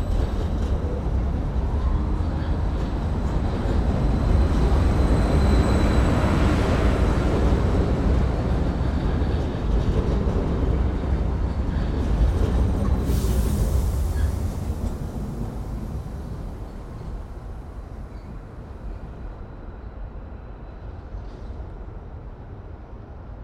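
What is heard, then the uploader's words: A train rumbles heavily, the deep roar swelling toward a peak in the first seven seconds, with a faint high whine from the wheels. A sharp hiss of air bursts out around thirteen seconds, then the noise drops and settles into a quieter rumble. Two Trains. One train arriving, one train departing.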